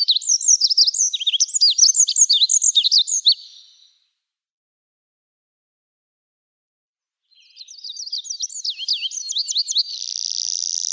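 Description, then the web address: Olive-backed pipit giving two high, rapid phrases of sweeping twitters separated by several seconds of quiet, the second closing with a sustained buzzy note. "Schulze Peter Olive-backed Pipit song"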